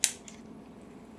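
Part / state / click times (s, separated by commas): spring guide into airsoft gun gearbox / seated / 0.0 s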